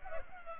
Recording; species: mosquito wingbeat signal from an infrared sensor; Culex pipiens